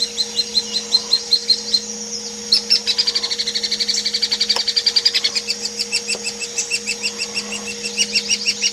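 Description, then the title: Hairy woodpecker calls: spaced sharp notes leading into a long, fast rattle of high notes, then back to evenly spaced calls, with a low hum. Used as masteran tutoring audio for training kacer, murai and cucak hijau songbirds. "platuk hairy untuk kacer murai cucak hijau masteran"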